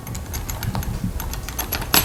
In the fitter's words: it won't lock in because it's the wrong code.